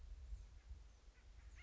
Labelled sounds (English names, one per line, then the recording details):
Acorn Woodpecker
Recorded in Sonoma County, California